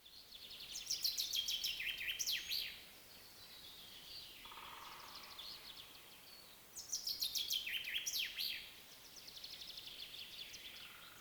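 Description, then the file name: Common chaffinch song: two full phrases about six seconds apart, each a quick trill descending in pitch and ending in a flourish, with a faint steady tone between them. "Fringilla coelebs"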